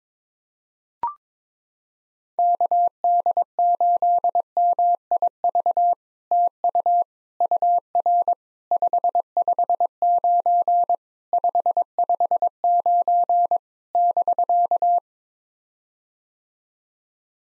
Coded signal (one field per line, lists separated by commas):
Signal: Morse code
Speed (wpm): 22 wpm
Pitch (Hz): 700 Hz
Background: none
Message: KD8MIV TU UR 559 559 <BK>